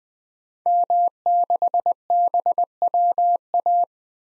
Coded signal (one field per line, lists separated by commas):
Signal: Morse code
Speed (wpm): 21 wpm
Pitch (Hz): 700 Hz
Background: none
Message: M6BWA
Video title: 2023 SOTA Activator Call Signs - 20wpm